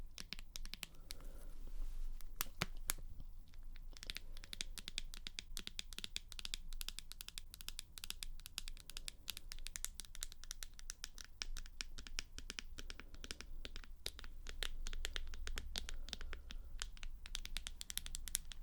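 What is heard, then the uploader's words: Tapping: a dense, irregular stream of quick, sharp clicks runs for the whole stretch, often in fast flurries with brief gaps. The taps sound bright and crisp, with a scratchy, rustling texture between them over a constant low rumble. Tapping.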